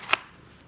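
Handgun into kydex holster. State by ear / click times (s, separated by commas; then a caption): seated / 0.1 s. A pistol is pushed back into a kydex holster after the kydex was heated and a retention dimple pressed in. It snaps home with one sharp, bright click at 0.1 s, strongest in the upper-mid range, then fades quickly to quiet. The pistol is seated in the holster.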